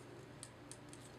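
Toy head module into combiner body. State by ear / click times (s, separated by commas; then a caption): not seated / none. A plastic head module is handled against the combined Centurion combiner toy body, plastic on plastic, with a few faint, sharp high-pitched ticks over a steady low hum. Nothing has seated or locked in yet.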